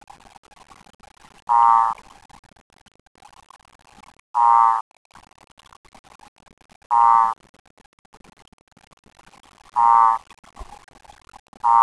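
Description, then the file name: Cordoba escuerzo calling: five short pulsed trills repeated about every two and a half to three seconds. Advertisement call recorded at 19.7 C. "Advertisement call Odontophrynus cordobae 19 7 C"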